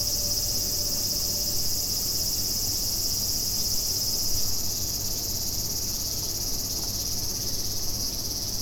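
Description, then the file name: Cicada drone, high and continuous, a shrill hiss that never pauses, over a constant low background hum. Recorded 29 July 2016. "cicada-160729"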